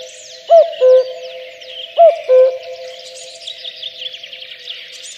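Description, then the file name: Common cuckoo calling cu-coo twice in quick succession, then falling silent while high chirping songbirds carry on. "kakukk hangja"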